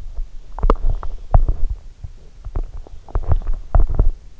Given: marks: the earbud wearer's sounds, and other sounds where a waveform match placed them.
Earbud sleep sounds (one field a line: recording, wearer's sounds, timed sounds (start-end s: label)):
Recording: sounds in sleep by an in-ear microphone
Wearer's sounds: teeth grinding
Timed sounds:
0.87-4.40 s: teeth grinding